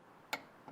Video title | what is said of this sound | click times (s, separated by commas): TPMS Sensors, Electronic Steering, Lug Nut Torque, and "Dealer Only" Parts (Season 8 /E11) | that click that audible click or the head kind of given out a little bit either way you know you're there | 0.3 s